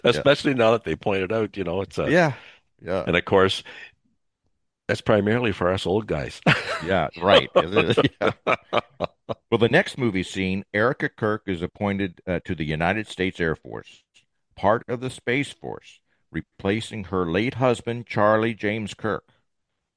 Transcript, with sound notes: Especially now that they point it out, you know, it's a-
Yeah, yeah.
And of course, that's primarily for us old guys. (laughs)
Yeah, right, it is. Yeah. Well, the next movie scene, Erica Kirk is appointed, uh, to the United States Air Force, part of the Space Force, replacing her late husband, Charlie James Kirk,